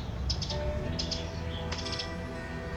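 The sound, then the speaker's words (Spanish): A bird chirps in short, high bursts, three quick clusters of tweets spaced about a second apart over a steady hiss of background noise. “Te he dicho varias veces que es un pájaro.”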